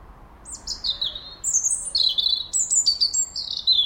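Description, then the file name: European robin singing a rapid run of high, thin whistles and descending slurred notes, the phrase shifting pitch several times without pause. "Erithacus rubecula"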